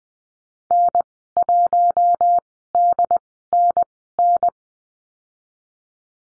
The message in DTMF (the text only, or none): none